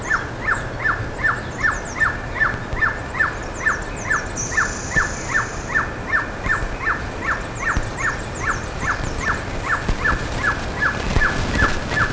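Bird calling in a steady sequence of short sharp notes, about two or three a second, with faint high chirps, a short buzzy hiss and constant background noise.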